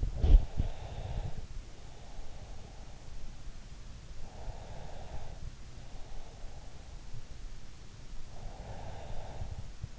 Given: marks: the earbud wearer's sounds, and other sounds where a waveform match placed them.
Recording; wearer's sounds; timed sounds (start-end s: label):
sounds in sleep by an in-ear microphone; breath
0.00-7.05 s: breath
7.56-9.99 s: breath